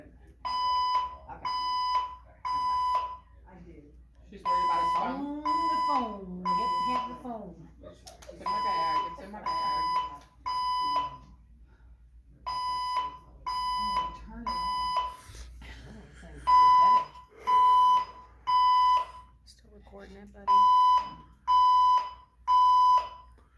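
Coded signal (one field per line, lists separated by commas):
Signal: alarm pattern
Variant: 1000 Hz Code 3 tone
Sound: groups of three half-second 1 kHz beeps repeating, with spoken announcements between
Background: voice evacuation announcement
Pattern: temporal three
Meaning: Temporal-3 fire alarm evacuation signal calling for building evacuation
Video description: the fire alarms in the whole building started going off with this 1000hz code 3 tone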